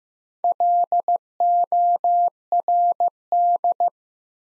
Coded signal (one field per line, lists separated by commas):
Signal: Morse code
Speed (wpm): 15 wpm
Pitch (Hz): 700 Hz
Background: none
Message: LORD